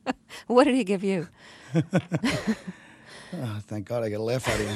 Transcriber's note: soundbite of laughter